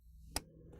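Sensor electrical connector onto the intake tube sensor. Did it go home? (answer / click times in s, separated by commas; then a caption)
yes / 0.4 s. A sensor's electrical connector is pushed onto the sensor on the new plastic intake tube of a Flowmaster Delta Force cold air intake (615121) on a 2014-16 GM Silverado/Sierra 1500 5.3L. A single sharp click at 0.4 s marks the connector snapping in and seating, over a steady low background hum.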